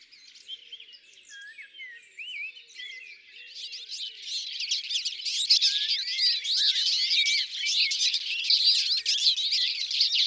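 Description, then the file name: Common linnet song: a dense, continuous jumble of high twittering and chattering notes that grows louder and busier throughout. "Linotte melodieuse ABC des chants doiseaux"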